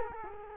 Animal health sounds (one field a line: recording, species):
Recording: mosquito wingbeat signal from an infrared sensor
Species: Culex quinquefasciatus